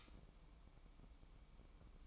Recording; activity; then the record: daily activity, microphone in the room; light off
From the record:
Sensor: 1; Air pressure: 1007.9 hPa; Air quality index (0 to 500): 123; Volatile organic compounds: 2 ppm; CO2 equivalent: 1040 ppm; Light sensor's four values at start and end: 17/52/21/22 and 9/20/8/9